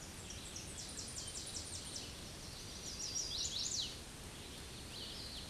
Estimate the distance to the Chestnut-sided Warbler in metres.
about 20 m